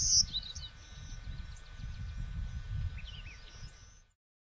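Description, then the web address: Birds calling, a loud high chirp at the start followed by scattered thin whistles and short twittering notes from several birds over a steady low rumble. Many birds recorded in Texas on 21 April 2005, in the afternoon. "Texas Rare Part 1 Many Birds 20050421 PM"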